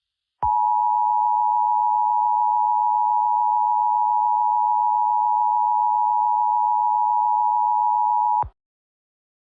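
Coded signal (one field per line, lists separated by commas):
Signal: Emergency Alert System (SAME) tones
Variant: 853 and 960 Hz attention tone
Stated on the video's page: Mock Emergency Alert System tornado emergency, simulated.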